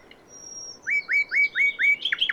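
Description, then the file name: Common nightingale song: a long thin whistle followed by five loud, evenly spaced rising notes repeated about four times a second, ending in quick chips. "Luscinia megarhynchos"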